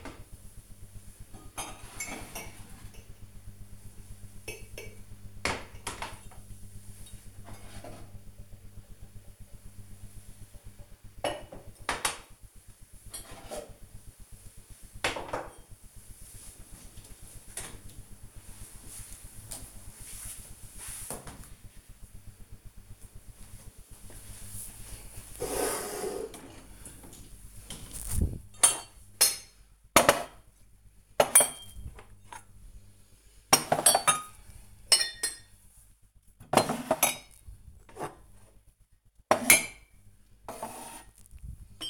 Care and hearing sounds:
household activities, microphone on the right wrist
23.21-41.90 s: putting away the dishes

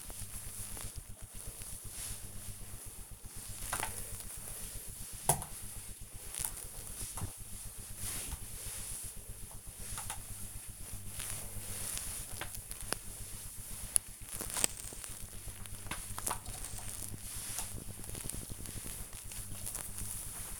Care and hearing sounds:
household activities, microphone on the right wrist
0.00-20.60 s: floor cleaning

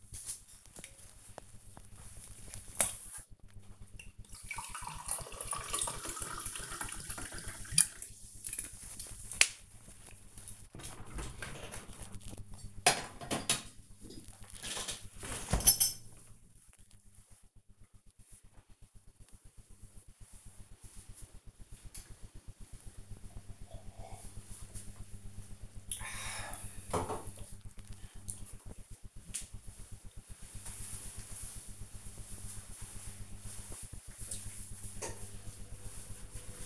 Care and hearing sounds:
household activities, microphone on the right wrist
0.00-26.51 s: drinking

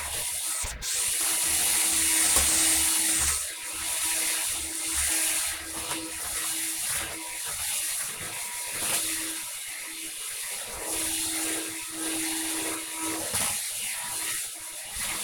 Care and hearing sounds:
household activities, microphone on the right wrist
0.00-15.24 s: vacuum cleaning

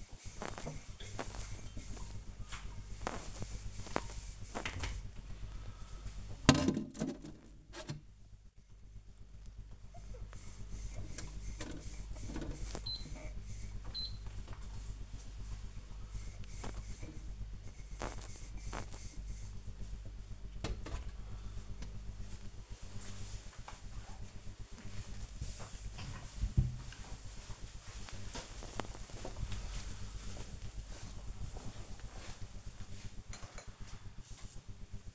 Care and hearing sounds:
household activities, microphone on the right wrist
0.00-20.94 s: washing dishes
34.02-35.15 s: brushing teeth

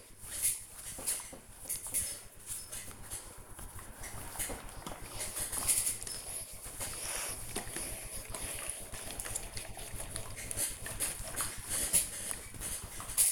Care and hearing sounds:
household activities, microphone on the right wrist
0.00-13.32 s: ironing laundry

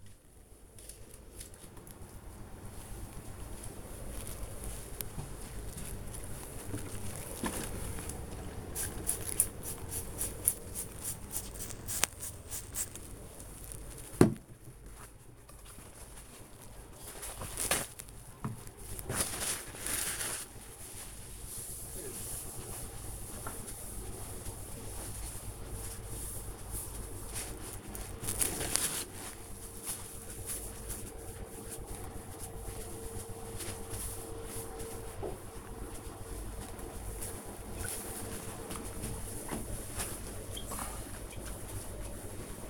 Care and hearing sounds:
household activities, microphone on the right wrist
1.30-42.70 s: window cleaning
31.52 s: note: voice?

